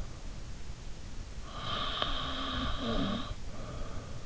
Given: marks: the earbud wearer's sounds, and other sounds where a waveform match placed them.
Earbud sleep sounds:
sounds in sleep by an in-ear microphone; snoring breath
1.48-4.08 s: snoring breath

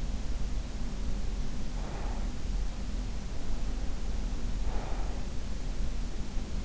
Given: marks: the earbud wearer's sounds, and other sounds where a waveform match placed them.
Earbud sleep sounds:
sounds in sleep by an in-ear microphone; breath
0.85-2.58 s: breath
3.52-5.19 s: breath

